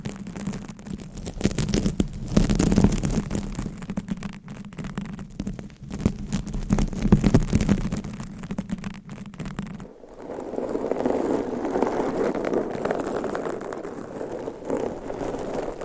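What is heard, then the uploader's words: Dense scratching with rapid crackly taps runs for the first ten seconds over a steady low hum. After a brief pause near the ten-second mark, the sound turns into a softer, smoother rubbing that continues evenly to the end. ASMR Scratching , Tapping & Massage with DIFFERENT Mics , Items & Nails No Talking.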